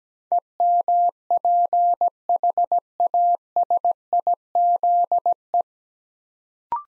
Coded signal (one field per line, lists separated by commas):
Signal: Morse code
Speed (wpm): 17 wpm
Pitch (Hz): 700 Hz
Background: none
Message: EMPHASIZE